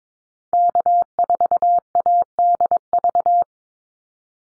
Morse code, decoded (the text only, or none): K4ADV